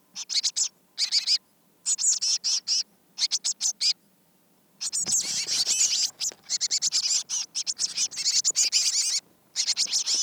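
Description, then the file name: Eurasian blue tit calls: high churring and chattering notes in dense runs, becoming almost continuous in the second half. "Cyanistes caeruleus"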